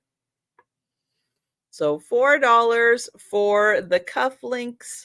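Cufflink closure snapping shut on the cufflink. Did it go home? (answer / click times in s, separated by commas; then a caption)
yes / 0.6 s. A metal cufflink with one brushed side and one shiny side has its toggle closure snapped shut, giving a single short, quiet snap at 0.6 s as it seats in place. After a second of silence, someone talks.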